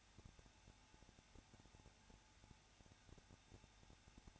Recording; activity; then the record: daily activity, microphone in the room; no activity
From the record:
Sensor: 2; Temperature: 21.0 degrees Celsius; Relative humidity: 34.2%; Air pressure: 994.4 hPa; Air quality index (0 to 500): 171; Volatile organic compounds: 3 ppm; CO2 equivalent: 1329 ppm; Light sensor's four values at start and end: 2/3/2/2 and 2/3/2/2